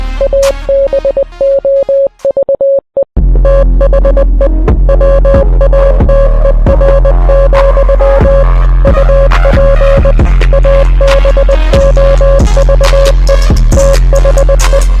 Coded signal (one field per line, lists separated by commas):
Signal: Morse code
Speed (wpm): 20 wpm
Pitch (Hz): 550 Hz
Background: music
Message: ABOVE THE WATER, UP ABOVE THE